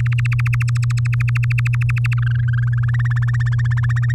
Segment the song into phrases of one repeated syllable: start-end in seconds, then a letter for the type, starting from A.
0.00-2.14 A, 2.17-2.85 B, 2.88-4.12 C